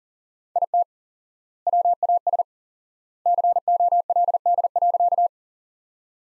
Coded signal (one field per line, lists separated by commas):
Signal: Morse code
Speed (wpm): 40 wpm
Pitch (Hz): 700 Hz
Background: none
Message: IT WAS COLD.